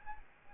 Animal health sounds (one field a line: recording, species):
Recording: mosquito wingbeat signal from an infrared sensor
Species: Aedes albopictus